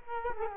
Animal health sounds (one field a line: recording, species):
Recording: mosquito wingbeat signal from an infrared sensor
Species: Culex quinquefasciatus